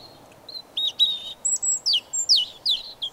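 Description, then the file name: European robin delivering a lively run of high, sharp whistles and quick down-slurred notes in rapid succession, each note distinct, over a constant low hiss. "Erithacus rubecula"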